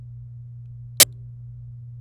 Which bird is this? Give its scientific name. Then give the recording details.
Serinus canaria. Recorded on 26 April 2018 at 20:00. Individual llb3